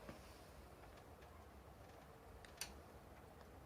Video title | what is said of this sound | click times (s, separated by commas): HP Gaming pc teardown 4K video🔥🔥🔥🔥🔥🔥 | ठीक है sir, तो यहाँ से हम इसको ऐसे दबा देंगे तो लॉक हो जाएगा। | 2.6 s